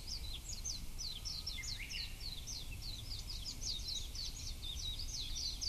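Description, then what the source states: Warbling white-eye uttering fast, sharp high chirps in an unbroken twittering run, accompanied by a low, steady background hum. Recorded 6 May 2009.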